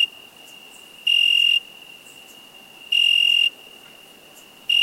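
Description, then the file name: Cricket giving two clear high chirps about two seconds apart, each roughly half a second long, the start of a third at the end, over a thin constant tone. "Cricket insect"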